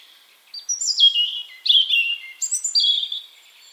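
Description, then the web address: European robin song: a short phrase of high, thin whistled notes, sliding and fluttering between pitches, with brief trills and changing tones over about three seconds. "Deverinetal 2025 File origin Bird Only Er Ru"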